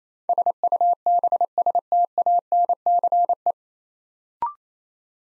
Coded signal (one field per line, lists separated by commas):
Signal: Morse code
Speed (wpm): 28 wpm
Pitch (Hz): 700 Hz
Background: none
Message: SUBSTANCE